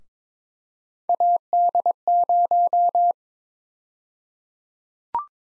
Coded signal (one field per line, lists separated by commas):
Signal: Morse code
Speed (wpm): 22 wpm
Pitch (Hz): 700 Hz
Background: none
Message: AD0